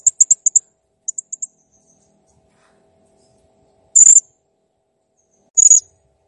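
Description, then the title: Blue-crowned hanging parrot giving two quick series of tiny high ticking notes, then two longer shrill buzzy chirps. Active, clear-singing (gacor) cage bird; master song used for training other cage birds. "Masteran Burung Serindit Ll Masteran Serindit Gacor Jernih"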